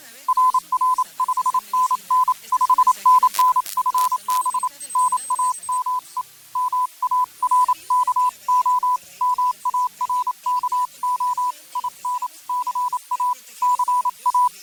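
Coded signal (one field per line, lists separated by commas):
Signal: Morse code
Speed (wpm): 27 wpm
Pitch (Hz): 990 Hz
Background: none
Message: RR 5NN 5NN FB NAME MARKO MARKO IN CA CA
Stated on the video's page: On-air CW test of a Pixie2 kit transceiver during a SOTA/POTA activation, with possible broadcast breakthrough.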